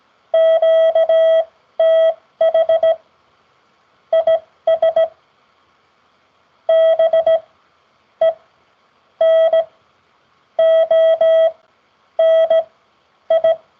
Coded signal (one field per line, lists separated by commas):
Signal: Morse code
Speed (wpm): 17 wpm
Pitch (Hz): 650 Hz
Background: none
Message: QTH IS BENONI